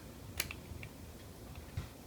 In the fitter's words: once you get it up and all the way back you'll hear a click